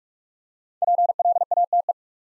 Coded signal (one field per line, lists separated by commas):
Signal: Morse code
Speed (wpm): 44 wpm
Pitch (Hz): 700 Hz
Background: none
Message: PLATE